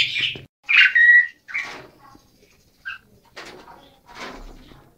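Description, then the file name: Asian pied starling song, a few scattered notes: a harsh burst, a clear whistled phrase, then softer raspy chatters separated by short pauses. Male bird singing. "Kicau Jalak Suren Jantan"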